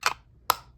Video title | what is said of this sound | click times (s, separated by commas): Let's unbox my Diamond Art Club Black Friday haul!! | There we go. Okay, so the lid does slide on, and it does, like, you can hear it click, like | 0.5 s